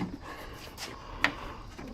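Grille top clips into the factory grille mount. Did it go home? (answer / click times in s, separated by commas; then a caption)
no / none. The top clips of a Tomahawk grille with amber LED running lights are pushed into the factory grille mount on a 2021-2023 Ford Bronco after the grille popped out on one side. Low rustling and handling noise runs throughout, with one brief sharp knock at about 1.2 s. The top clips fail to snap in, and nothing has seated or clicked yet.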